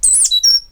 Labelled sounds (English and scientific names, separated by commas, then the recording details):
Stitchbird (Notiomystis cincta) song
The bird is a male
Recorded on Tiritiri Matangi Island, New Zealand, in 2005
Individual 8, of nest box 10